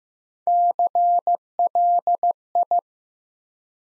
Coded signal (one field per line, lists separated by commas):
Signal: Morse code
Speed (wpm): 15 wpm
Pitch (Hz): 700 Hz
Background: none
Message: CLI